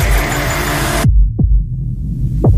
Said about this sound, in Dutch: Sorry, je hoorde mijn hartslag door de radio heen. Ik vond het spannend.